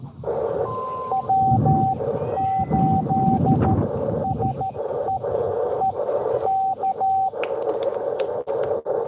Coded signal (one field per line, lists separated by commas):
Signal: Morse code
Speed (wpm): 13 wpm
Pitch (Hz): 770 Hz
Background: radio noise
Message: W8SEEK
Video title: N2AKJ is live at sunken meadow state park us-2147 with w2smf doing pota